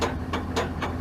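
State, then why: Not seated. A baler knife blade in the knife bank of a McHale Fusion3, not fully inserted, fails to lock when the locking lever is lifted, so the blade wobbles. A lever sound and metallic rattling are heard as the loose blade is shaken, with sharper knocks at about 0.3 s and 0.8 s over a steady low hum. Nothing has seated or clicked yet; the lock has not engaged.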